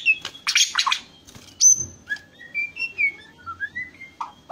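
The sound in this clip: White-rumped shama song opening with harsh buzzy bursts, then a sharp high note and a slow series of soft, clear whistles stepping up and down.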